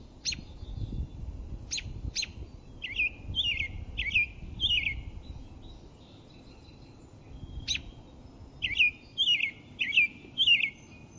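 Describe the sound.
American robin: a few sharp, clicky notes, then two runs of caroling, whistled phrases, over a low background rumble.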